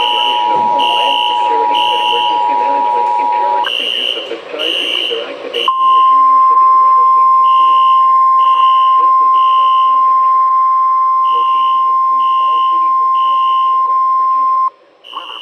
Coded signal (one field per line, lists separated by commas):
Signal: Emergency Alert System (SAME) tones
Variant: 853 and 960 Hz attention tone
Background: speech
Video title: WV Tornado Drill on WXM43, WXM73, WXJ84, KIH39 and WAHC, (3/22/22) EAS 642-646 + fire alarm